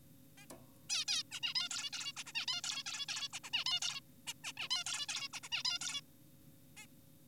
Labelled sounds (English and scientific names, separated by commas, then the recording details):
Zebra Finch (Taeniopygia guttata)
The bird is an adult
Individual g4p5U